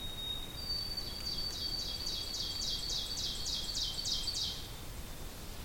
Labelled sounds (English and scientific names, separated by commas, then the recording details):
Ovenbird (Seiurus aurocapilla) song
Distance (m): 30 m
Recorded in boreal forest in Alberta, Canada, on 2 June 2016 at 07:43
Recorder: SongMeter 3, array SBT-3-7
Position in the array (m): 201 m, 129 m
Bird 8